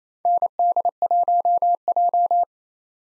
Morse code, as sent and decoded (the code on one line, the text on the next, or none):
-. -.. .---- .---
ND1J